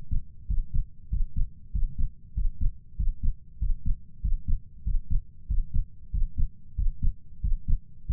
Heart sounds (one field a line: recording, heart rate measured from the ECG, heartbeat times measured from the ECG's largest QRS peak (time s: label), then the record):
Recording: heart sounds by stethoscope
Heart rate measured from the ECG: 95 bpm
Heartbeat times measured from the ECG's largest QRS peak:
0.49 s: heartbeat
1.11 s: heartbeat
1.74 s: heartbeat
2.36 s: heartbeat
2.98 s: heartbeat
3.61 s: heartbeat
4.23 s: heartbeat
4.86 s: heartbeat
5.49 s: heartbeat
6.13 s: heartbeat
6.77 s: heartbeat
7.43 s: heartbeat
8.08 s: heartbeat
From the record:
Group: healthy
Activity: breath hold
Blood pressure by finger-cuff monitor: 138/82 mmHg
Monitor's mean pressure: 96 mmHg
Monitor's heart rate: 95 bpm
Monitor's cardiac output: 7.2 L/min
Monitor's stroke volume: 75 mL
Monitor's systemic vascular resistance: 980 dyn s/cm5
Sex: male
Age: 21 years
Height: 175 cm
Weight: 72.6 kg